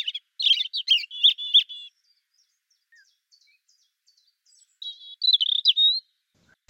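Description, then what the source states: European Robin song: a quick verse of liquid, warbling notes, then a pause, then a second verse; a brief click at the end. Sweet, wistful song of short verses, each verse different, with watery trickling and gurgling notes and long still notes; each verse lasts 2 to 3 seconds.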